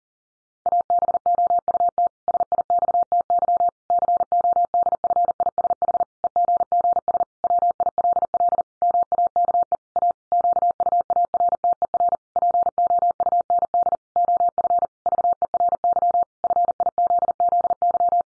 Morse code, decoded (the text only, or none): ABOUT SIXTY CODFISH EGGS WILL MAKE A QUARTER POUND OF VERY FIZZY